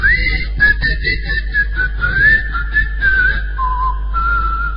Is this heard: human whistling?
yes